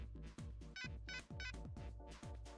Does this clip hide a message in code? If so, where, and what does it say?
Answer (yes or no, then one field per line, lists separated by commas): no